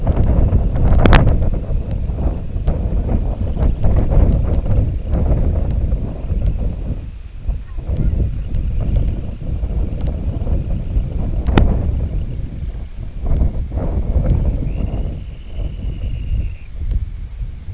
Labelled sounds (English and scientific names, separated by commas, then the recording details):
Semipalmated Sandpiper (Calidris pusilla), unidentified sound, Dunlin (Calidris alpina)
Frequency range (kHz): Semipalmated Sandpiper (Calidris pusilla) 1.9-3.6 kHz; Dunlin (Calidris alpina) 1.8-3.2 kHz
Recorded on Arctic tundra, site IGLO-D, on 19 June 2018
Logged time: 22:00